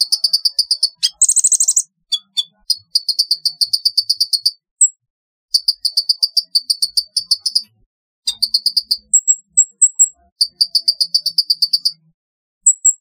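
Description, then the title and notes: Sunbird chirping in quick pulsed bursts of high notes, broken by short pauses and a few thin whistled notes. "Kicau Burung Kolibri"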